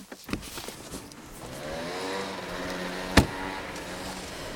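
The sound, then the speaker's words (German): A car engine runs and slowly rises in pitch as the car is moved and re-parked, over steady low rumble, with a single sharp thump partway through and no talking. “parkt das Auto um.”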